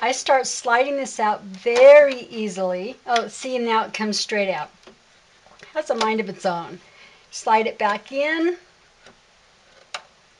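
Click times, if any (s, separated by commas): none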